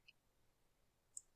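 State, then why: Seated. During reassembly of a Husqvarna 435 chainsaw for an intake boot replacement, a plastic throttle linkage piece is fitted into the handle and snapped down onto the back of the plastic air filter holder. After a faint tick near 0.1 s and a quiet stretch, a sharp, bright snap is heard at 1.2 s. The linkage piece seats into place.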